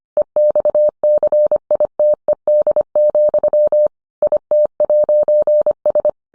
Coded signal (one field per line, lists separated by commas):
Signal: Morse code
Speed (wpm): 25 wpm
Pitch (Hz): 600 Hz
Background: none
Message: EXCITED, IT'S